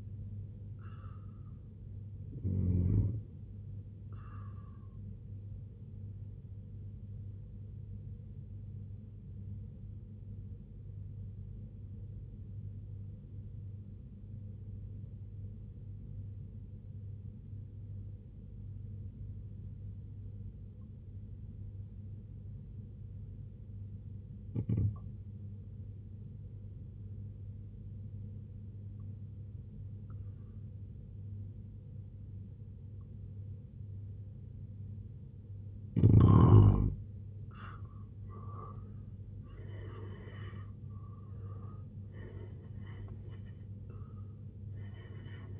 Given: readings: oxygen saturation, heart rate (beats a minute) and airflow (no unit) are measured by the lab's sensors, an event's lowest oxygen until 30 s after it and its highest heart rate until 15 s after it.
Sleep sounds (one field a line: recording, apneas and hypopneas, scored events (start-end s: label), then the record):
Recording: breathing in sleep by a smartphone at the bedside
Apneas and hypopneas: 1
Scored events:
7.00-37.30 s: hypopnea (N1, oxygen 95% highest, then 85% lowest, heart rate 70 at the start, 94 highest)
13.00-43.00 s: new sleep stage, N2 (light sleep)
43.00-45.60 s: new sleep stage, N1 (lightest sleep)
From the record:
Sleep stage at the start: N1 (lightest sleep)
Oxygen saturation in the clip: 85 to 95%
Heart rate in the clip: 65 to 93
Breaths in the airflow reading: 7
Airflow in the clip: -11.1 to 9.4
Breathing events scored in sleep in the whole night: 258 in 7.4 hours asleep